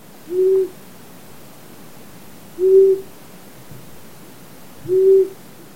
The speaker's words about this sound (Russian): Ушастая сова.